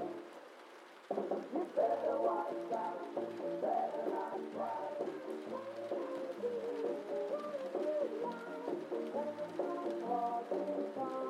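Old-time music plays from another room, muffled, with steady sustained tones and a moving melody line in the low-mid range. It starts quietly, then fills out just after the first second and continues evenly, with notes shifting every half second or so.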